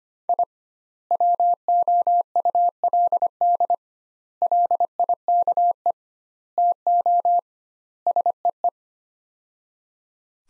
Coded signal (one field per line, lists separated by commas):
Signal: Morse code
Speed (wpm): 25 wpm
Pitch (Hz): 700 Hz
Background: none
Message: I WOULD LIKE TO SEE